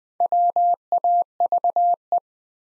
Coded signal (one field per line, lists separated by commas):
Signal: Morse code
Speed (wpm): 20 wpm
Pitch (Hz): 700 Hz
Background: none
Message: WAVE